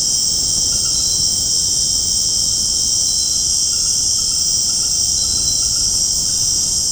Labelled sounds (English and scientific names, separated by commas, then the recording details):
none
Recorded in secondary vegetation near Puerto Asís, Putumayo, Colombia, on 20 February 2024 at 21:00
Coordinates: 0.489, -76.322
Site G6419